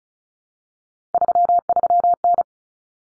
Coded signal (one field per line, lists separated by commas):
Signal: Morse code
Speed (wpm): 34 wpm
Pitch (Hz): 700 Hz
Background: none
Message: 33N